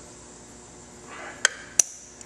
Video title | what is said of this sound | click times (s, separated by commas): Witchdoctors - How to install a Lloyds Fuel Tuner on a Cross Country | there you'll hear it I don't if you could hear that click but it snaps in the other end | 1.8 s